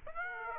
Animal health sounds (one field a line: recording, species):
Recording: mosquito wingbeat signal from an infrared sensor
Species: Aedes aegypti